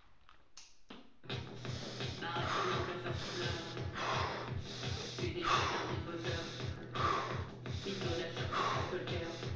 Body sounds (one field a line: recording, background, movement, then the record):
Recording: deep breathing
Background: music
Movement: sitting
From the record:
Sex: male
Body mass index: 22.0 kg/m2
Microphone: on the chest, facing outward